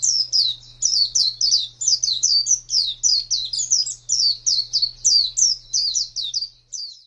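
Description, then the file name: White-eye singing a fast, continuous run of thin, high twittering notes, each slurred and quickly repeated, with a quiet low hum beneath that fades near the end. Song style called ngalas panjang. "pleci ngalas panjang"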